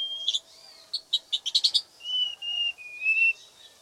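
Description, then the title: White-rumped shama: a quick run of short clicking chips, then three or four smooth, level whistled notes. Singing (kicau); local name murai hitam. "kicau burung murai hitam"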